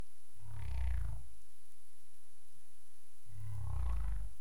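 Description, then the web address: Humpback whale making two deep, low grunting moans about three seconds apart, with steady underwater background hiss. Recorded 2035-04-27, 21:53 UTC. "CARIMAM. humpback whale 20350427 215331 UTC"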